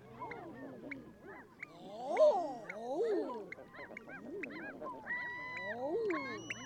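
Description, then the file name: Common eider cooing, swooping ah-oo notes rising then falling, given repeatedly by several birds. "Edredone"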